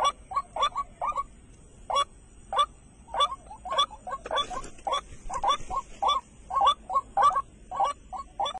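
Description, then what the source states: White-breasted waterhen giving repeated hoarse, clipped notes in uneven bursts, some doubled, over a quiet background with a thin high-pitched hum. Recorded at night during bird luring, using a flashlight and mp3 playback.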